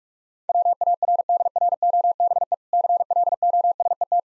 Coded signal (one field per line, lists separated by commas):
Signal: Morse code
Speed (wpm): 45 wpm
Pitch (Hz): 700 Hz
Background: none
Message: WARDROBE CLOSET